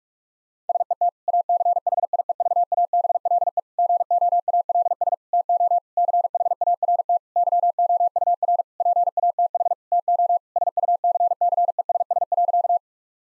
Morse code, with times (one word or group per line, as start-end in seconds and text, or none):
0.7-1.1 SET
1.3-3.6 ACHIEVABLE
3.8-5.1 GOALS
5.3-5.8 TO
6.0-7.2 CHART
7.4-8.6 YOUR
8.8-9.7 PATH
9.9-10.4 TO
10.6-12.8 SUCCESS.